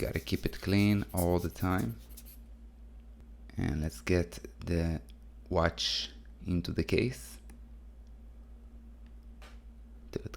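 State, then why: Seated. Someone talks while a watch movement with its dial and hands is pressed down into a metal watch case. Near the end, sharp clicks at 10.2 s and 10.4 s mark the movement snapping into place, and it is seated.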